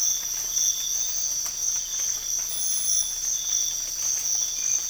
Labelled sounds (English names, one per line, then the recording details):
none
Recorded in dense forest near Puerto Asís, Putumayo, Colombia, on 22 December 2024 at 05:30
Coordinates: 0.484, -76.325
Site G056